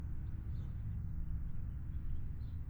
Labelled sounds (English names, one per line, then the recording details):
House Finch song
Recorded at Wantagh on Long Island, New York, on 21 May 1975
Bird E